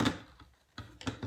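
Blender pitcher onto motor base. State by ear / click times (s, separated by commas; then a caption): not seated / none. A plastic Ninja IQ blender pitcher is set onto its motor base and handled by the handle, making a sharp knock at the start followed by a few light plastic scrapes and taps around 0.8, 1.1 and 1.2 seconds. Nothing has seated or clicked yet; the pitcher is not locked onto the base.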